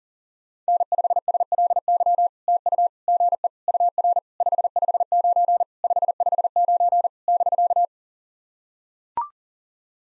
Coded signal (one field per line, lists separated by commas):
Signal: Morse code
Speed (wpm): 40 wpm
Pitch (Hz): 690 Hz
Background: none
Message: N5SLY TU GE UR 559 559 <BK>